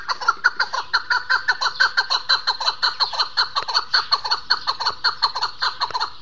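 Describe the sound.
Partridge giving a fast, steady run of harsh chattering notes without pause.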